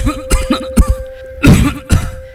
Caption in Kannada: ಏನೇ ಆಳದ ಕೆಮ್ಮು ನಿಲ್ತಾನೆ ಇಲ್ವಲ್ಲಪ್ಪ? ಬುಕ್ ಬುಕ್ನ ಕೆಮ್ತಾನ, ಬುಗ ಬುಕ್ನ ಒಗ ಬಿಡ್ತಾನೆ ಇರ್ತಾನ. ಈ ಬೀಡಿ ಸಿಗರೇಟ್ ಸೇದೋದಿಂದನೆ ನಿನಗೆ ಕೆಮ್ಮು ಬಂದಿರೋದು.